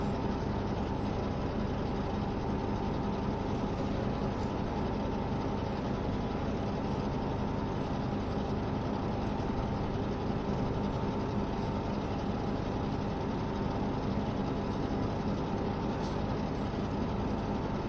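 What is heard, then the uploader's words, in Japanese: The KiHa 72 series Yufuin no Mori train runs with a steady, dense rumble that stays at an even loudness for the whole stretch. Faint humming tones sit over the low drone, and a brief brighter click comes near the sixteenth second. 配信は、JR九州キハ72系 ゆふいんの森06号02 うきは～博多です。走行音。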